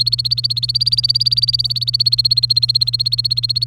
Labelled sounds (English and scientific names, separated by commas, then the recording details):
Domestic Canary (Serinus canaria) song
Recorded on 1 May 2018 at 08:09
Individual llb3